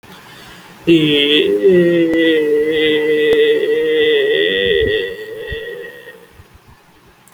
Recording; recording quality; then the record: sustained vowel as in made; excellent, no background noise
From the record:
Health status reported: exposed to COVID-19, no respiratory illness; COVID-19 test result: not tested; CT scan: not taken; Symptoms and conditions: none ticked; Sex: male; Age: 20 years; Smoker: no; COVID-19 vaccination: none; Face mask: not worn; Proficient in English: yes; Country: India